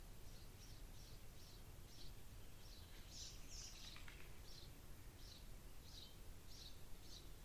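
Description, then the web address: Bird calling: short, high, thin chirps repeat steadily throughout over low background noise. "Bird Only"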